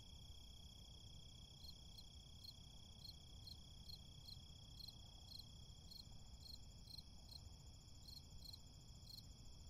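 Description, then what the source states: Crickets chirping in regular high bursts against a steady tonal hum and rumbling low background noise. Crickets recorded in a city.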